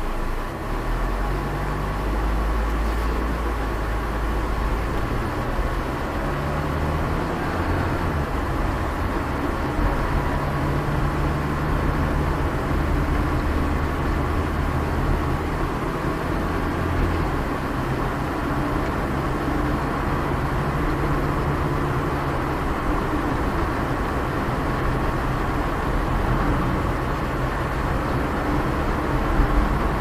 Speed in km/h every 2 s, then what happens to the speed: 5, 11, 15, 20, 27, 31, 34, 36, 40, 42, 45, 48, 49, 48, 49.
0-23 speeds up to 49. 23-30 steady at about 49.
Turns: 0-2.